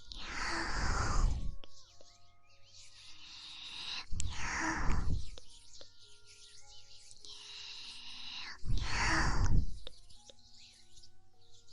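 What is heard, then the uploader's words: ASMR ear eating: wet mouth sounds against the ear. Three loud, slurping bursts arrive about every four seconds, each lasting a second or so. Between them come quieter sticky clicks, smacks and thin squeaky tones over a faint low hum. ASMR Ear Eating Instant Tingles.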